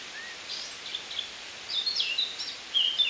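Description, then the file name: Eurasian blackcap giving scattered warbled notes, a few soft whistles then a brighter, faster burst near the end, against steady background noise. "Sylvia atricapilla"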